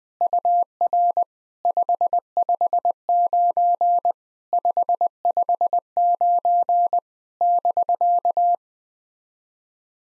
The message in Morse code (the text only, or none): UR 559 559 <BK>